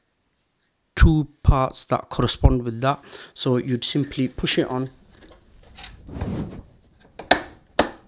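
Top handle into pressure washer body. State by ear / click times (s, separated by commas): seated / 7.3 s, 7.8 s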